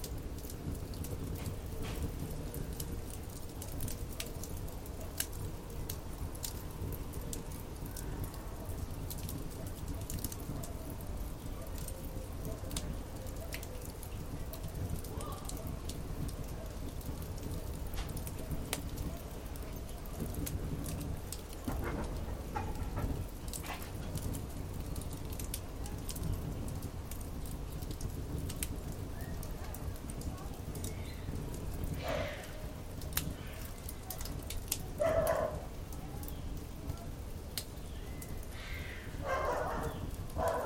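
A campfire burns, its steady low roar filled with a dense patter of small crackles and ticks. Sharper pops and snaps stand out around the twenty-second mark and again between about 32 and 36 seconds, while the overall level stays even.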